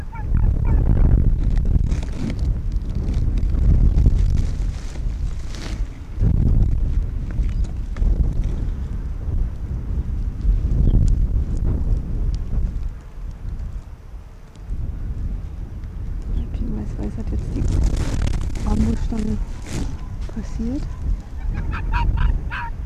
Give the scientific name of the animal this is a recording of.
Vulpes lagopus